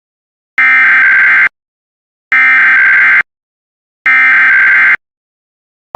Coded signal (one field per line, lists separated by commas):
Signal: Emergency Alert System (SAME) tones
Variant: header bursts